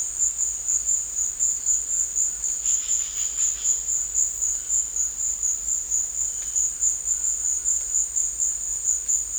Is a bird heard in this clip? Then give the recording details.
yes. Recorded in dense forest near Puerto Asís, Putumayo, Colombia, on 21 December 2024 at 16:30. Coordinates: 0.485, -76.318. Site GP03